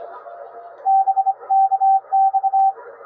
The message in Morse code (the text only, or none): BK X